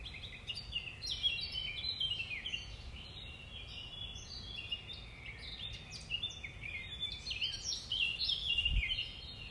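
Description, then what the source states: Common nightingale singing continuously, rapid chirps, trills and whistled notes tumbling over each other, with a constant low hum of background noise. Recorded 5 May 2020 in the early morning.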